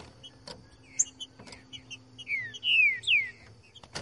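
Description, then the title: Green-winged Saltator song: a few faint chirps, then three loud, clear whistled notes, each sliding steeply downward, given in quick succession. Song style called voz 10, recorded in the bush, used to warm up a trinca-ferro and make it sing. "Canto De Trinca Ferro Voz 10. TRINCA FERRO CANTANDO NO MATO. ESQUENTAR TRINCA FERRO"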